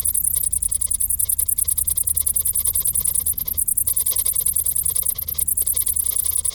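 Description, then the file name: Crickets giving a continuous high buzzy pulsing trill of rapid, evenly spaced pulses, with faint low rumble beneath. "Grillen"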